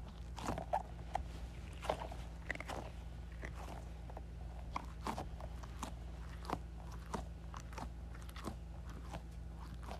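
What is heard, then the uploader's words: An Orbeez ball is squeezed, producing irregular wet crackles and squishy pops throughout, over a steady low hum. ASMR Squeezing Orbeez Ball.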